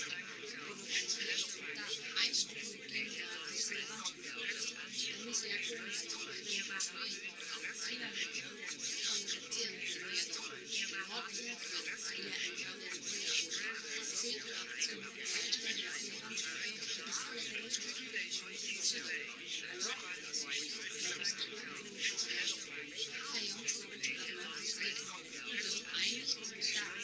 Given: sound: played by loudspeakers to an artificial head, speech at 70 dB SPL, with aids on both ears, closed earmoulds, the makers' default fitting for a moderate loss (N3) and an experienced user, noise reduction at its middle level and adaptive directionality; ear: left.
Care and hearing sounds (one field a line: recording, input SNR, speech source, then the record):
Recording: speech test signal (ISTS) in cocktail-party noise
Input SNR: -6 dB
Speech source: on the right (90 degrees)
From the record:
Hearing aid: class 1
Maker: H